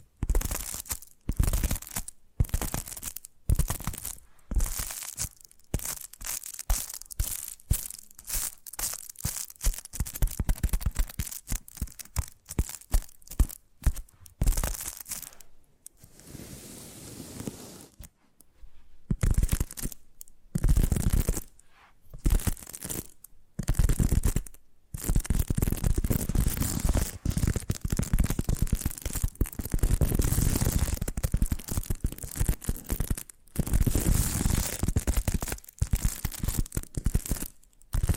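Tapping triggers, a dense stream of quick, dry taps and crinkly scratches with short silent gaps between bursts. The first fifteen seconds are fast and choppy; after a brief lull near sixteen seconds, the sound turns rougher and more continuous, like tearing or crushing.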